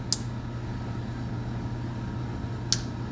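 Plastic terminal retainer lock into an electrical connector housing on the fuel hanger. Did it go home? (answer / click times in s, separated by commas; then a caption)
yes / 0.1 s, 2.7 s. Small plastic terminal retainer locks are pushed in from the back of a fuel pump wiring connector on the fuel hanger, and each clicks into place in the connector housing. Two sharp, short clicks are heard at 0.1 s and 2.7 s over a steady low hum, and the retainers are seated.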